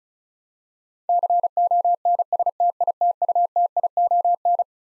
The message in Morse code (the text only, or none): CONSTITUTION